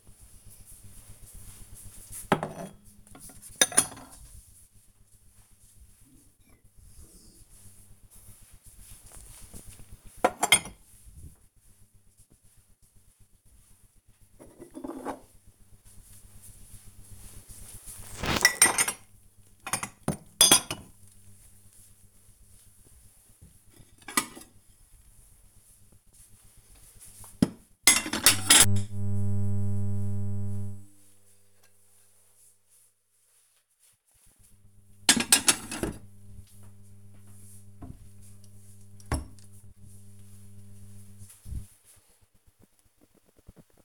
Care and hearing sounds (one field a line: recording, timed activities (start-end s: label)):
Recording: household activities, microphone on the right wrist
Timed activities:
0.00-38.90 s: putting away the dishes